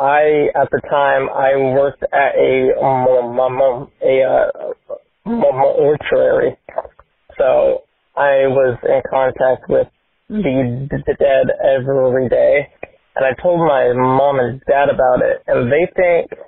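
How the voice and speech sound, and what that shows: Adult male caller over a telephone line who has a speech impediment and a stutter. His speech shows prolongations and blocks, with drawn-out sounds on words like "mortuary" and "dead" and pauses breaking up phrases.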